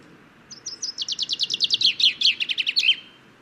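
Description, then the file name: Common chaffinch song: a rapid run of bright, sharp notes that speeds up and drops in pitch, closing with a short flourish, lasting about two and a half seconds. "Fringilla coelebs"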